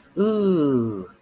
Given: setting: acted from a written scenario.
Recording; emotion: vocal sound without words; desire